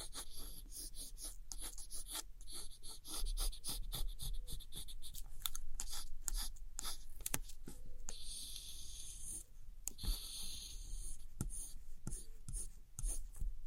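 Scratchy tracing and gentle tapping on old postcards, a dense run of dry, bright scraping strokes broken by quick sharp taps. The rasping comes in irregular bursts throughout, with a longer hissing scratch around the eight-to-ten second mark and a low rumble underneath.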